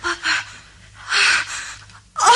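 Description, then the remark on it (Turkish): A girl sobs in ragged, gasping bursts, with sharp intakes of breath between shaky exhalations and no words spoken. “Ağlama kızım. Ağlama.”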